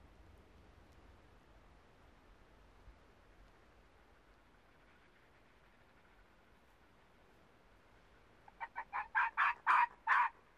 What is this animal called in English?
Arctic Fox